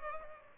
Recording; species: mosquito wingbeat signal from an infrared sensor; Culex pipiens